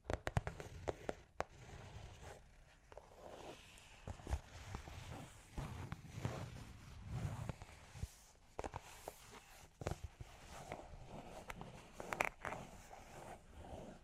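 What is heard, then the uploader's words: Long claws tap and scratch in an uneven run of sharp clicks and scrapes, some bunched together and others spaced out, with louder snaps near 1, 4, 10 and 12 seconds. A low rumbling shuffle keeps going underneath throughout. Long Claws Tapping and Scratching (No Talking).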